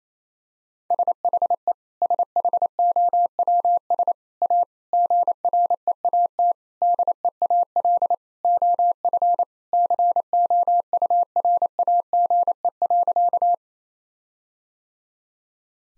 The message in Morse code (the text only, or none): SHE SHOWS A GREAT DEAL OF COURAGE.